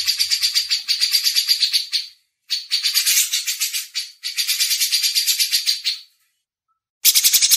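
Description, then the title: Grey-cheeked bulbul in rasping pulsed bursts, several runs broken by short pauses, a final burst starting at the end. Masteran tutor used as training audio. "MASTERAN CUCAK JENGGOT"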